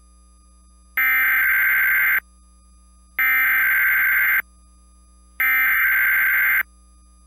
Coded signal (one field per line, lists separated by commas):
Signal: Emergency Alert System (SAME) tones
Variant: header bursts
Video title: @Cruz city tornado warning eas